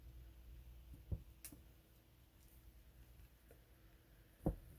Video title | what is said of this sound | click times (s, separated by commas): Princess Leia (Sandstorm Outfit) - Star Wars The Vintage Collection - VC 88 | See, kind of feel it click into place. | 4.5 s